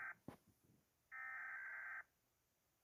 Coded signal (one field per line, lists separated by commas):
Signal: Emergency Alert System (SAME) tones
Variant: header bursts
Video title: rating eas alerts//part 1// sorry if I didn't post a video in a long time//